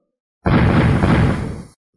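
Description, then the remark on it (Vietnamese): A deep, muffled explosion bursts in abruptly and rumbles heavily for about a second before cutting off, with no voices present. “Từng tiếng nổ trầm đục vang lên, hào quang hộ thể của ba người Thạch Xuyên Không vỡ tan, từng đạo lôi điện màu vàng vừa thô vừa to từ xung quanh điên cuồng lao tới, đánh trên thân thể cả ba người bọn họ.”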